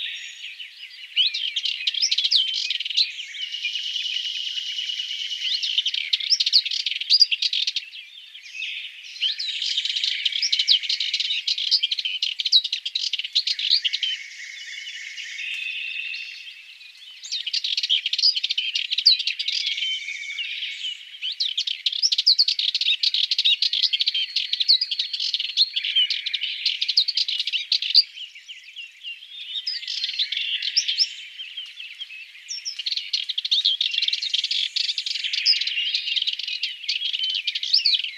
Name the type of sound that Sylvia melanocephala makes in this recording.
song